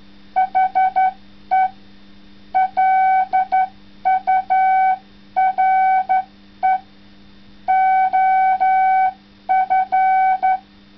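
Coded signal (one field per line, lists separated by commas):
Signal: Morse code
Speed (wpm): 12 wpm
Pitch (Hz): 760 Hz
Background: none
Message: HE LURE OF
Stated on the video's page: Morse sent with the Morsetrap CW key.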